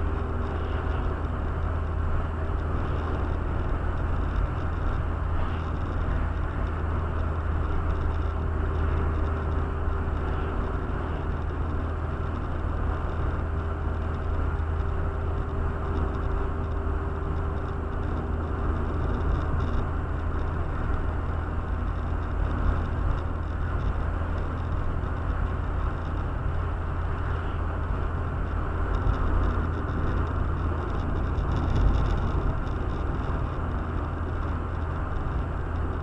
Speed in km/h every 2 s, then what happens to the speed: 75, 77, 77, 77, 76, 74, 77, 76, 75, 75, 75, 76, 77, 79, 79, 77, 77, 77.
0-36 steady at about 77.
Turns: none.